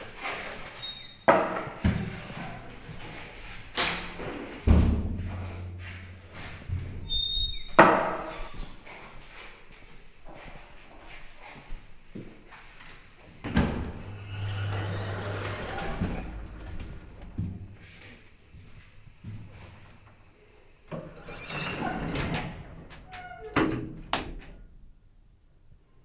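Footsteps and knocks echo through a corridor, with sharp clacks and thuds coming irregularly throughout. Low hums swell around five and fourteen seconds, like machinery or a lift moving, and bursts of hiss rise near fifteen and twenty-two seconds. Faint voices occasionally sound in the background.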